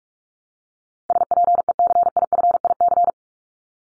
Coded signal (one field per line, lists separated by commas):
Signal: Morse code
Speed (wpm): 44 wpm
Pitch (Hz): 700 Hz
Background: none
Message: SPECIFIC